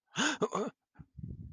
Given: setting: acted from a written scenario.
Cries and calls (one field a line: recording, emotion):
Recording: vocal sound without words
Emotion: negative surprise